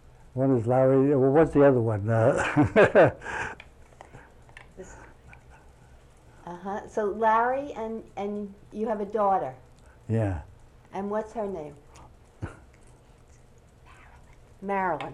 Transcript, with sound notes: one is Larry, what's the other one? (He laughs.)
Larry, and you have a daughter.
Yeah.
And what's her name? Marilyn.